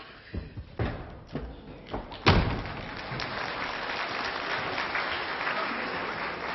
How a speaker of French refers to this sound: Qu'est-ce qui fait claquer les portes comme ça?